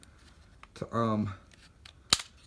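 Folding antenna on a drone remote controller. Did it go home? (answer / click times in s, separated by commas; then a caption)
yes / 2.1 s. Someone talks briefly while folding a plastic antenna up on the remote controller of an SJRC F11 Pro drone, with a few faint ticks before it. A single sharp click at 2.1 s marks the antenna's detent snapping into place, seating it in position.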